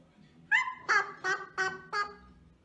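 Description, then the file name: Eclectus parrot giving five loud, harsh, nasal squawks spaced about a third of a second apart, over a faint low hum. Eclectus parrot talking in the morning. "utrennie razgovory popugaya eklektusa"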